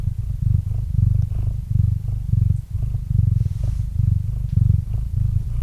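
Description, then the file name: Cat purring, a deep pulsing rumble in clear breath-long swells, with a soft hiss near the middle. Domestic cat named Murchik purring into a microphone. "Kot Murchik - Murchanie kota kot murchal v mikrofon"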